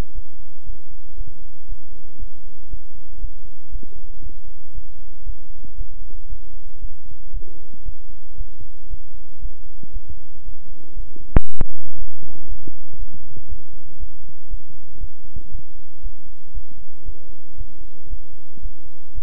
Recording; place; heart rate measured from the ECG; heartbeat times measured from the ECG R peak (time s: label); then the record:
heart sounds by stethoscope; between the tricuspid and mitral areas; 117 bpm
0.13 s: heartbeat
0.64 s: heartbeat
1.15 s: heartbeat
1.66 s: heartbeat
2.17 s: heartbeat
2.68 s: heartbeat
3.19 s: heartbeat
3.70 s: heartbeat
4.21 s: heartbeat
4.72 s: heartbeat
5.24 s: heartbeat
5.75 s: heartbeat
6.27 s: heartbeat
6.79 s: heartbeat
7.31 s: heartbeat
7.83 s: heartbeat
8.36 s: heartbeat
8.88 s: heartbeat
9.40 s: heartbeat
9.91 s: heartbeat
10.43 s: heartbeat
10.94 s: heartbeat
11.45 s: heartbeat
11.96 s: heartbeat
12.47 s: heartbeat
12.97 s: heartbeat
13.47 s: heartbeat
13.98 s: heartbeat
14.48 s: heartbeat
14.99 s: heartbeat
15.50 s: heartbeat
16.01 s: heartbeat
16.52 s: heartbeat
17.04 s: heartbeat
17.56 s: heartbeat
18.08 s: heartbeat
18.60 s: heartbeat
19.13 s: heartbeat
From the record:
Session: bicycle stress test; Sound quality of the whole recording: good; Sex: male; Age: 26 years